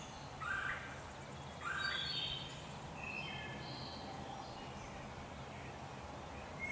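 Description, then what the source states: Blue jay begging calls, harsh nasal buzzy notes in spaced groups, two loud bursts then softer ones, over a low steady background noise. Fledglings.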